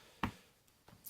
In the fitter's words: piece of leather here that locks around the leather belt or webbing belt, comes back up, snaps in place.